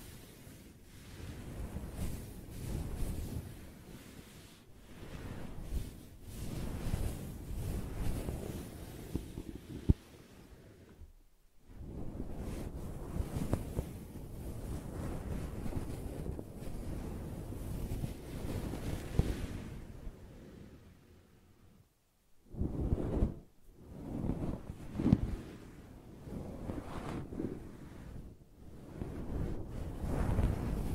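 Dense, rough brushing and scratching rumbles on in low, uneven strokes, broken by brief silent pauses around eleven and twenty-two seconds.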